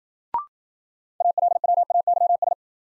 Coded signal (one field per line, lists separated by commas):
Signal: Morse code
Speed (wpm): 53 wpm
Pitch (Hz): 700 Hz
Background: none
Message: ALWAYS